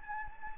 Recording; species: mosquito wingbeat signal from an infrared sensor; Anopheles gambiae